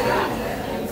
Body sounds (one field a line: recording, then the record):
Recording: background sound without coughing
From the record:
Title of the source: 40 min - Ambience sounds UNIVERSITY lunchroom chatting